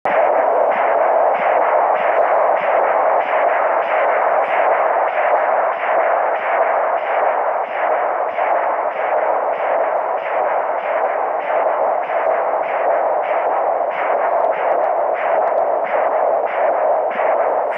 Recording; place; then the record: Doppler ultrasound of blood flow; carotid artery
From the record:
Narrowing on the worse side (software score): severe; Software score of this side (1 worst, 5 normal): 2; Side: left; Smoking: never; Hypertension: yes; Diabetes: type 1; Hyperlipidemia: no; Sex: female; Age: 19 years